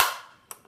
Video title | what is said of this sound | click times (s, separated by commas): AR15 Lower Build Tungsten Project | clicks in place you | 0.5 s